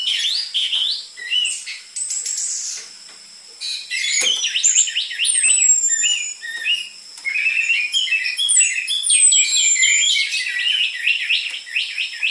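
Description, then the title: Orange-headed thrush singing a long, dense run of varied whistles, chirps and rapid twittering, with a few high slurred notes and a continuous high-pitched hum behind. Lure recording of an actively singing bird with dense filler song material, used for tutoring spotted-morph caged orange-headed thrushes. "PANCINGAN Anis Merah Gacor Materi Isian Rapat Cocok Untuk MASTERAN Anis Merah TROTOL"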